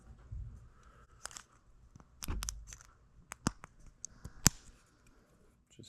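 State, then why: Seated. A new CR2032 coin cell is pressed, numbered side up, into the battery holder of a Subaru Forester car key fob, with a few small handling clicks and scrapes before it. The cell snaps into place with a sharp, loud click at 4.5 s and is seated.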